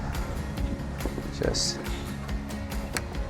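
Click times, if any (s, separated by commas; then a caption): 3.0 s. The two-part prong cable with a clip from an expansion battery pack is pushed into the port on a Safari ME Deluxe portable solar power station, with background music playing while someone talks. One sharp click stands out at 3.0 s as the plug seats in the port.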